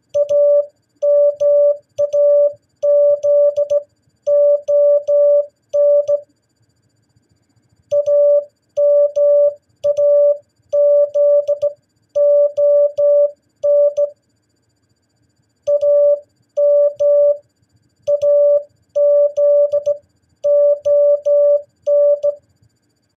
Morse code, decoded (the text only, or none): AMAZON AMAZON AMAZON